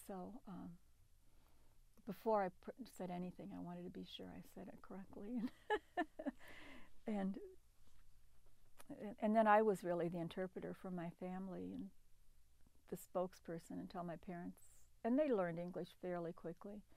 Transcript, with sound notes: So, before I said anything, I wanted to be sure I said it correctly! [Laughs] And then I was really the interpreter for my family, the spokesperson, until my parents — and they learned English fairly quickly.